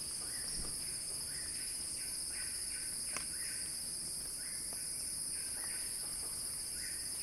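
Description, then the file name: High, continuous cicada buzzing, with soft chirps repeated several times a second in short bursts and one brief crackle midway. Cicada song described as a crescendo. "Axel-Drioli Cicada-Crescendo-Sounding-Wild"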